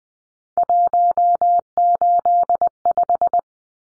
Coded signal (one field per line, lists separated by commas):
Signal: Morse code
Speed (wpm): 20 wpm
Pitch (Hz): 700 Hz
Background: none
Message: 185